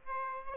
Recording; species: mosquito wingbeat signal from an infrared sensor; Aedes albopictus